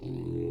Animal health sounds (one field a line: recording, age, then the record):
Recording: pig call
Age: weaner (32 to 43 days)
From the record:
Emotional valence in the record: negative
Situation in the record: long isolation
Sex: female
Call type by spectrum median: low-frequency call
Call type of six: low-frequency stable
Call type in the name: low-frequency stable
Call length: 0.51 s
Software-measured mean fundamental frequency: 46 Hz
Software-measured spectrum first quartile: 135 Hz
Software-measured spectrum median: 270 Hz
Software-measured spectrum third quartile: 369 Hz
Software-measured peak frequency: 344 Hz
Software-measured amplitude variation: 152 dB a second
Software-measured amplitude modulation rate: 36.3 a second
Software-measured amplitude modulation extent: 4.2 dB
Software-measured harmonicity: -1.2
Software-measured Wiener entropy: -0.14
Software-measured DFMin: 1607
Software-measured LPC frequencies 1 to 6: 348, 2628, 3845, 4351, 6355, 7543 Hz